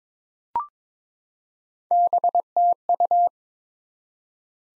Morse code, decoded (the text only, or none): BTU